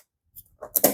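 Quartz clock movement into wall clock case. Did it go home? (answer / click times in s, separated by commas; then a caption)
yes / 0.8 s. A new plastic quartz clock movement is pressed into the back of a wall clock case, its plunger lined up with the hole. After faint scraping and handling noises, a sharp snap at 0.9 s marks the movement locking into the housing, and it is seated.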